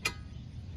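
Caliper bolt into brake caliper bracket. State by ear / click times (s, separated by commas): seated / 0.1 s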